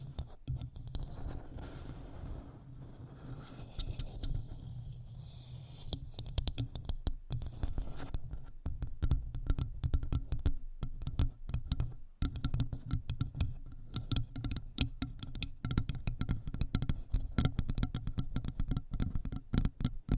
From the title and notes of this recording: ASMR Tapping 6 Random Tingly Objects On The Mic,(No Talking).